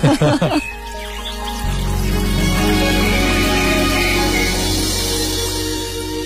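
Bright, chirping birdsong trills over a steady instrumental music track played on Beijing Traffic Radio in 2018, with a brief burst of voice at the very start before the music settles in.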